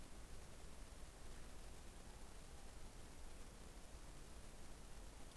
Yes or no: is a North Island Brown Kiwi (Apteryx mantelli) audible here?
no